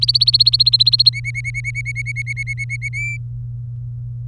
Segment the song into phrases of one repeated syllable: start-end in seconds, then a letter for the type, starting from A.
0.00-1.10 A, 1.13-2.89 B, 2.93-3.17 C